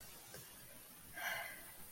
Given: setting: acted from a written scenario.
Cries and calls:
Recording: vocal sound without words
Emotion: serenity

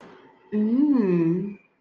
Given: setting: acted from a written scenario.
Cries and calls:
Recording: vocal sound without words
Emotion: romantic love

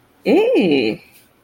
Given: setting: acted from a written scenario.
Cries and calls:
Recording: vocal sound without words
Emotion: interest

